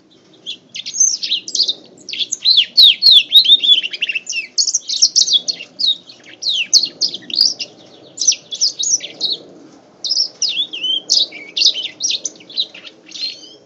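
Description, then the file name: House finch × canary hybrid singing a long, rapid warble of twittering, trilled and slurred notes in quick bursts, with a faint low hum underneath. "hibrid housefinch x kenari omkicau"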